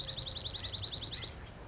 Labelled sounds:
Dark-eyed Junco
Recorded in Sonoma County, California

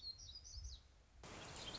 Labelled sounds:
Black-throated Gray Warbler
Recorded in Sonoma County, California

